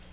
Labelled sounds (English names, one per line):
Nashville Warbler flight call